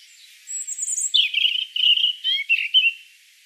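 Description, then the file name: European robin phrase of thin high whistles sliding into a run of quick, liquid warbled notes that pulse several times before fading. "Erithacus rubecula"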